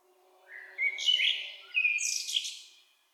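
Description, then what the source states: Blackbird singing a short mellow whistled phrase that breaks into a thin, high, scratchy twitter at the end. In town.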